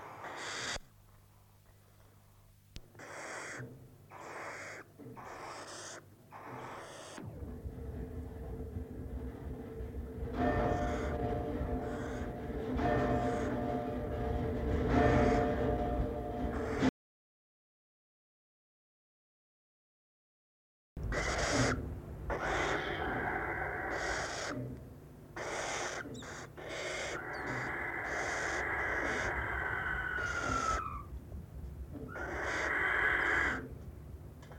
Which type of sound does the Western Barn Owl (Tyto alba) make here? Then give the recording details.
call. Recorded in the wild. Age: juvenile. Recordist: Meyer, Hugo